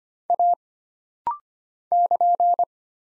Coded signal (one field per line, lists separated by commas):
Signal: Morse code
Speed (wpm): 25 wpm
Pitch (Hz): 700 Hz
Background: none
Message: A <KN>